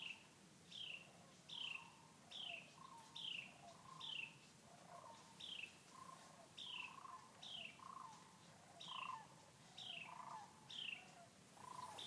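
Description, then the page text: Carolina wren giving sharp, downslurred calls, repeated in a long series, with softer lower notes beneath. Several dozen "cheer" calls at Bosque del Apache, New Mexico, United States, during the 116th Christmas Bird Count. "Wren, Carolina : Sound recording of several dozen “cheer” calls."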